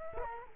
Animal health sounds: mosquito wingbeat signal from an infrared sensor; Culex quinquefasciatus

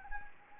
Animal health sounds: mosquito wingbeat signal from an infrared sensor; Anopheles gambiae

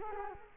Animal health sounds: mosquito wingbeat signal from an infrared sensor; Culex quinquefasciatus

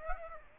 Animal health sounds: mosquito wingbeat signal from an infrared sensor; Aedes aegypti

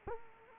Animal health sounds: mosquito wingbeat signal from an infrared sensor; Culex quinquefasciatus

